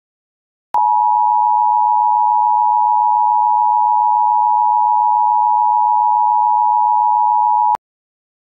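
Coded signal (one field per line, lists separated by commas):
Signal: Emergency Alert System (SAME) tones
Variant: 853 and 960 Hz attention tone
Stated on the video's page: Real Severe Thunderstorm Warning alert for Charleston, SC.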